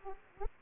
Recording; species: mosquito wingbeat signal from an infrared sensor; Aedes aegypti